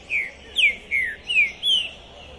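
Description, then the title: Green-winged saltator song: five strong, falling whistled notes in quick sequence. Captive trinca-ferro, 'pistoleiro' type, singing, chirping and 'macheando' (male display) while warming up for a singing contest, at the entrance of a tournament, 2021. "Esse É PERFEITO Para ESQUENTAR Seu TRINCA Piando, Cantando E Macheando Na DISPUTA. Esse TRINCA FERRO ficou POSSUÍDO na PORTA do TORNEIO! Trinca Ferro Pistoleiro 2021!"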